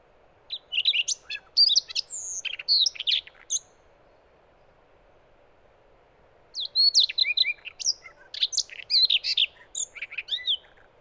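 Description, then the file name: Siberian rubythroat singing a fast, varied warble of sweet whistles and harsher chirps, two song bursts with a pause of about three seconds between them. Recorded 30 May 2014 at 20:18. "140530 20 18 28 KZ Rubinkehlchen"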